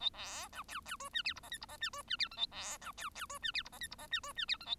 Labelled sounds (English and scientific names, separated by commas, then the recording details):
Bengalese Finch (Lonchura striata domestica) song
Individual Bird1